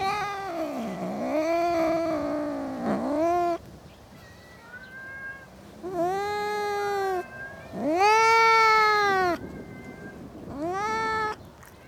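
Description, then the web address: Cat yowls, long drawn-out harmonic wails that dip and waver in pitch, several in a row with short quiet gaps between them. Cats in a suburban garden. "Cats In A Suburban Garden. The BBC Sound Effects Library"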